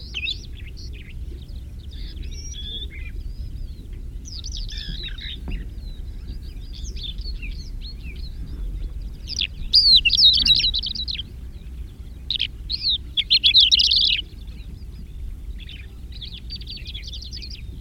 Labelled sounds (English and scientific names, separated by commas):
Greater Short-toed Lark (Calandrella brachydactyla) song